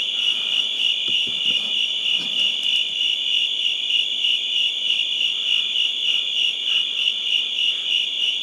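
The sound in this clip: Cricket chorus of high, steady pulsed chirps; a few soft low knocks and rustles early on beneath it.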